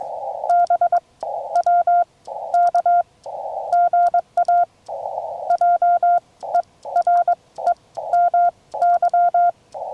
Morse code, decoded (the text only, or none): BWK GA JEREMY